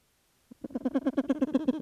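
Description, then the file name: Grey petrel call: a fast, even series of rasping pulsed notes, starting after a brief silence and going on to the end. "Philippe Lambret - P trel gris"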